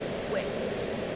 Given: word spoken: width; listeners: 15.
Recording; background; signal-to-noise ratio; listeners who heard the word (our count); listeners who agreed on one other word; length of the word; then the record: one English word in noise, from a listening test; speech-shaped noise; -6.9 dB; 0 of 15; 6 of 15; 0.76 s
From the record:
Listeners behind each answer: 6, 2, 2, 2, 1, 1, 1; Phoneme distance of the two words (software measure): 17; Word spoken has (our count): 1 syllable, 4 phonemes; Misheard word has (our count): 1 syllable, 3 phonemes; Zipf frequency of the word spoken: 3.62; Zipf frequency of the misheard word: 4.08